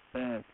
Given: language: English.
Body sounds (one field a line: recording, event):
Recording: throat vibration sensor signal played as sound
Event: speech